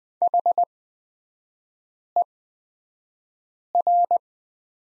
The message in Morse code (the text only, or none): HER